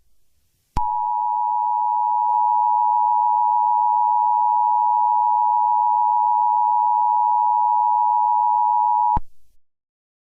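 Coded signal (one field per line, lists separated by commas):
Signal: Emergency Alert System (SAME) tones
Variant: 853 and 960 Hz attention tone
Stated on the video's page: Fictional EAS scenario.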